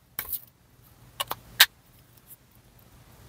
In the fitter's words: cap fits Clicks in place